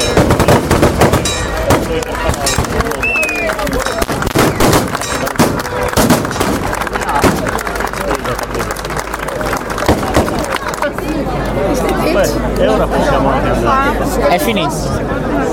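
Sounds from an ancestral rite in Sedilo: a dense crowd talks and calls out continuously, with constant loudness throughout. Sharp cracks and bangs punctuate the first ten seconds, and after about eleven seconds the voices grow busier with rising shouts and cries.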